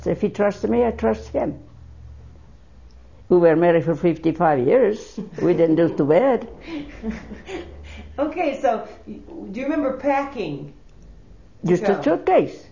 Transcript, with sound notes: If he trusts me, I trust him." We were married for fifty-five years. We didn't do too bad.
( she laughs ) Okay. So do you remember packing?
Just a suitcase.